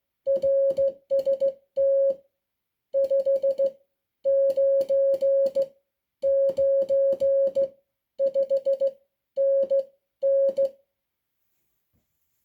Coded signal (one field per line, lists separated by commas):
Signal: Morse code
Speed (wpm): 16 wpm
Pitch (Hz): 550 Hz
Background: music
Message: RST 5 9 9 5 N N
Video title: NATO Morse Code Key 🔍 Close-Look